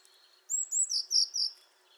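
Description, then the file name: Eurasian blue tit calling: two thin, very high notes, then three quick lower notes in a short ringing run, all in about one second. "Cyanistes caeruleus"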